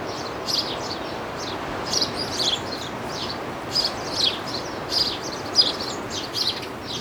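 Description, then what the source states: Birds: short sharp high chirps in irregular bursts, with steady hiss underneath. Looped sound effect of birds in a seaside garden.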